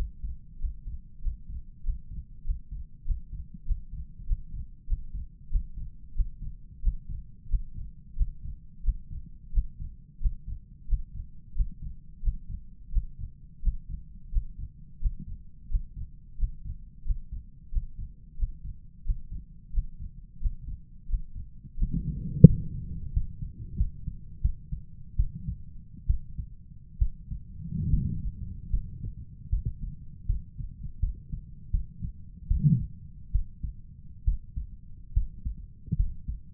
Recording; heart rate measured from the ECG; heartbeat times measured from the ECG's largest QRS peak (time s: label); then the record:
heart sounds by stethoscope; 85 bpm
0.58 s: heartbeat
1.20 s: heartbeat
1.82 s: heartbeat
2.43 s: heartbeat
3.04 s: heartbeat
3.64 s: heartbeat
4.25 s: heartbeat
4.86 s: heartbeat
5.49 s: heartbeat
6.14 s: heartbeat
6.81 s: heartbeat
7.48 s: heartbeat
8.15 s: heartbeat
8.82 s: heartbeat
9.52 s: heartbeat
10.19 s: heartbeat
10.87 s: heartbeat
11.54 s: heartbeat
12.22 s: heartbeat
12.91 s: heartbeat
13.61 s: heartbeat
14.30 s: heartbeat
14.99 s: heartbeat
15.68 s: heartbeat
16.37 s: heartbeat
17.04 s: heartbeat
17.70 s: heartbeat
18.36 s: heartbeat
19.04 s: heartbeat
19.72 s: heartbeat
20.39 s: heartbeat
21.07 s: heartbeat
21.76 s: heartbeat
22.45 s: heartbeat
23.12 s: heartbeat
23.76 s: heartbeat
24.41 s: heartbeat
25.16 s: heartbeat
26.06 s: heartbeat
26.98 s: heartbeat
27.90 s: heartbeat
28.70 s: heartbeat
29.49 s: heartbeat
30.26 s: heartbeat
30.99 s: heartbeat
31.71 s: heartbeat
32.47 s: heartbeat
33.31 s: heartbeat
34.24 s: heartbeat
35.13 s: heartbeat
35.96 s: heartbeat
From the record:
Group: healthy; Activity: Valsalva maneuver 0-23 s, rest 23-37 s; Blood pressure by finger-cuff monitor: 124/84 mmHg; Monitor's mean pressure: 98 mmHg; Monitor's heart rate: 88 bpm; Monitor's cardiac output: 5.5 L/min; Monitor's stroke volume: 61 mL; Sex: male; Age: 35 years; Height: 178 cm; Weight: 64 kg